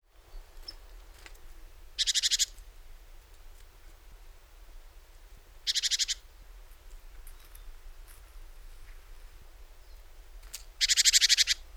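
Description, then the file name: Great tit repeating a harsh, rapid, pulsed churr three times, each burst about half a second long and spaced several seconds apart, over quiet background hiss. "Parus major"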